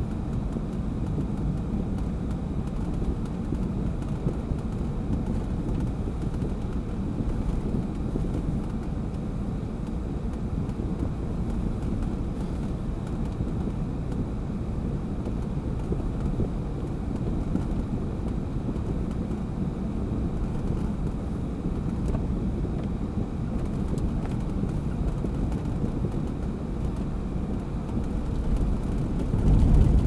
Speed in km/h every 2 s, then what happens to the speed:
54, 54, 54, 55, 55, 55, 57, 57, 58, 57, 56, 58, 58, 58, 58.
0-30 steady at about 57.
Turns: none.